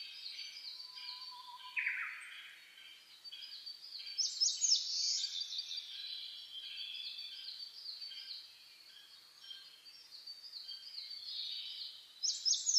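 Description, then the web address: Many songbirds singing together, rapid high chirps and trills layered densely, one lower downward-sweeping phrase standing out near the start. Dawn chorus birdsong recorded on 10 May 2010, at 04:01. "sounds data 2010 reimei DH-D 50-saezuri-20100510-0401"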